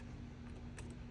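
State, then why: Not seated. A wiring harness connector is handled at the transmission pressure controller of a 2016 6.7L PowerStroke 6R140 transmission, with a steady low hum and a brief sharp handling noise near 0.8 s. The connector has not seated or clicked yet.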